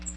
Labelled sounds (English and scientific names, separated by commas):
Magnolia Warbler (Setophaga magnolia) flight call